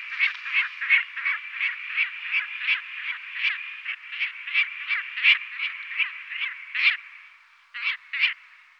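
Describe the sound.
Lanner falcon uttering a long run of hoarse, chattering kek calls, about three a second, fading then ending with two separate notes.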